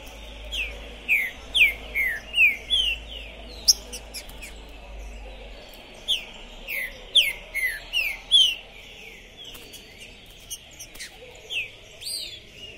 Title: Esse É PERFEITO Para ESQUENTAR Seu TRINCA Piando, Cantando E Macheando Na DISPUTA. Esse TRINCA FERRO ficou POSSUÍDO na PORTA do TORNEIO!. Trinca Ferro Pistoleiro 2021!